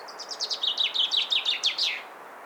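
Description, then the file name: Common chaffinch song: a quick run of sharp, repeated notes stepping down in pitch over about two seconds, ending in a brief flourish. "Fringilla coelebs"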